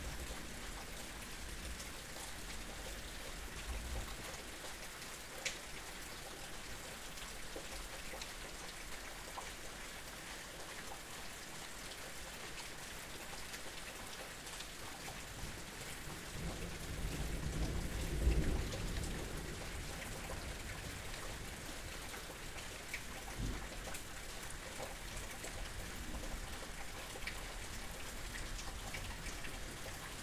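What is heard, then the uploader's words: Rain falls steadily throughout, a dense, even hiss with scattered drops ticking through it. Around the middle, a low roll of thunder swells for a few seconds, peaking near eighteen seconds before fading back beneath the rain. Thunder and Rain.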